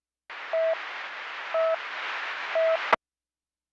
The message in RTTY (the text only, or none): none